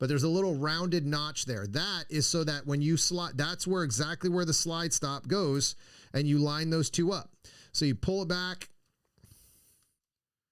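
Someone talks while a pistol slide is pulled back and held so the slide stop can be lined up with the small rounded notch in the slide before it is pushed in. Speech fills most of the clip, with a few faint handling sounds near the end and near silence in the final second. Nothing has seated or clicked yet.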